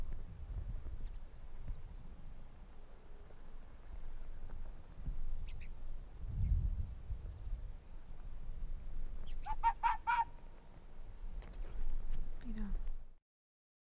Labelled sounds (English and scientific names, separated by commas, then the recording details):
Arctic Fox (Vulpes lagopus)
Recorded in the wild
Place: Insel Mednyi, Kommandeur-Inseln, RU
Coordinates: 54.5167, 168.083
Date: 1999-07-29 18:25
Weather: 10°C, dichter Nebel, schwacher Westwind
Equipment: Sony WM-D6C, Sennheiser ME 80, K 30 AV, Windkorb, Kopie Tascam DA 30
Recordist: Jakupi, Antje